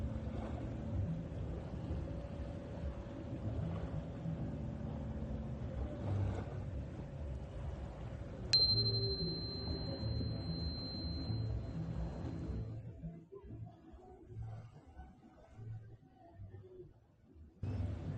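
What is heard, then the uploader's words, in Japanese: A singing bowl is struck around eight seconds and rings with a high, steady tone for four seconds over a continuous low rumble. メキシコから シンギングボウルのサウンドヒーリング。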